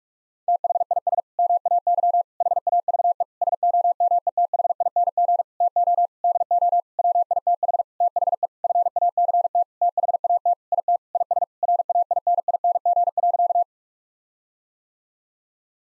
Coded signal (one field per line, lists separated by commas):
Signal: Morse code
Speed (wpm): 46 wpm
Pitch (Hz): 700 Hz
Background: none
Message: THIS MAY HAVE SOMETHING TO DO WITH THE FACT THAT IT IS RAINING.